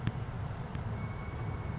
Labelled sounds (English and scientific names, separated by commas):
California Towhee (Melozone crissalis)